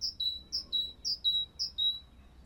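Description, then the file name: Great tit singing four quick two-note phrases, a higher note dropping to a lower one, repeated about every half second. "acclivity greattit"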